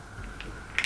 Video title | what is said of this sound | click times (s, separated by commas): Keep Your Oakley Fuel Cell Sunglasses looking New with Replacement Sunglass Lenses - Seek Optics | hear it pop into place like | 0.8 s